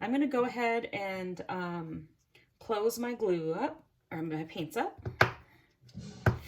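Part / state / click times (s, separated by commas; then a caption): snap lid on a plastic paint pot / seated / 5.9 s, 6.3 s. Someone talks while closing the snap lids on the small plastic paint pots of a kids' dinosaur mixed media art kit. After the talk, a soft snap at 5.9 s is followed by a sharper, louder snap at 6.3 s, a double snap showing the lid is shut.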